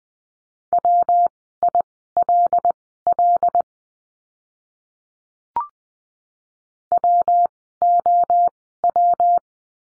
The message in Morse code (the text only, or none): WILL WOW